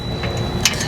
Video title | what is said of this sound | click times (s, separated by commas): LOLO RACKS USA Boss Swingout System Assembly | That'll click in. You can hear the confident click of that. | 0.7 s